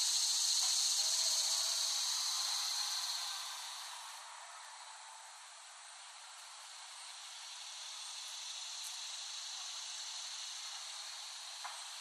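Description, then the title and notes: Loud cicada drone that fades down midway, then builds again into a steady high buzz, with a few sharp clicks. Cicadas, West Brighton, Staten Island, late summer 2008. "Dronecast. The Cicadas of Summer. Recording of cicadas made by Dan Bodah in West Brighton, Staten Island, late summer 2008"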